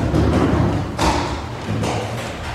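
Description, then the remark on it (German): A young man's heavy footsteps thump down a staircase as he runs, in a few loud, uneven impacts over a low rumble, with no voices. “Als ich meinen Halt wiedergefunden hatte, war er aus dem Zimmer und polterte die Treppe hinunter.”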